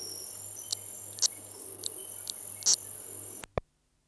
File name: Bio Acoustica 09-Chaperina fusca - Mulu Base